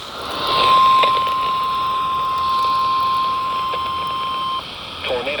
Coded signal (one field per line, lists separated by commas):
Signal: Emergency Alert System (SAME) tones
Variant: 1050 Hz attention tone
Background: speech